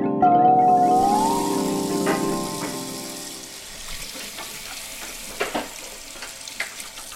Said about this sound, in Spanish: Mayra, ten cuidado con el agua. Cierra la llave mientras enjabonas los platos.